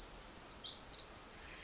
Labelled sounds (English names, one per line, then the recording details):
Pacific Wren
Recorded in Sonoma County, California